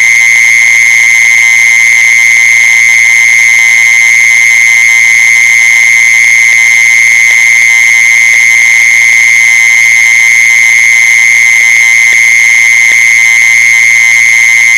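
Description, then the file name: Mole cricket sustaining a monotonous high buzzing trill, with occasional faint clicks near the end. "tieng de trui de chui"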